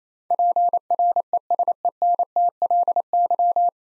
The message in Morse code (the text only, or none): PRESENTLY